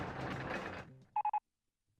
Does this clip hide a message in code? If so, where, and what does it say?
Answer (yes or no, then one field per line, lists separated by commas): no